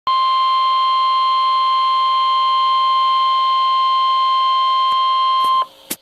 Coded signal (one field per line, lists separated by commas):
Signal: Emergency Alert System (SAME) tones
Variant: 1050 Hz attention tone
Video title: Special Marine Warning [EAS 97/98] | NOAA Weather Radio (11/23/2011)